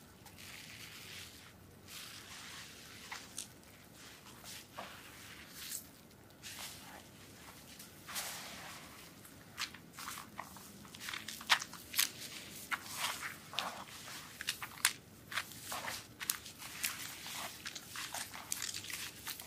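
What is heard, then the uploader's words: Soapy massage sounds: wet, squishy rubbing and slippery clicks in irregular bursts, growing busier and more crowded after the first few seconds. ASMR soap massage with relaxing sounds.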